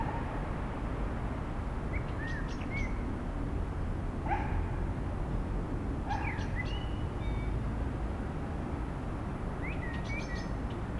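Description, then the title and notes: Common blackbird singing a few short fluted, warbled phrases with thin high notes, over a steady low rumble of road traffic. Singing in the cold amid urban traffic noise at the town hall square, Aix-les-Bains, France; a city blackbird. "38 Sq. Hôtel de ville, 73100 Aix-les-Bains, France - Merles des villes. Un merle chante dans le froid au milieu du bruit de la circulation urbaine"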